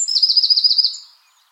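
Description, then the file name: Eurasian wren sound, a single high, fast, evenly pulsed trill of about one second that fades out. "Troglodytes troglodytes"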